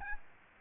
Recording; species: mosquito wingbeat signal from an infrared sensor; Aedes albopictus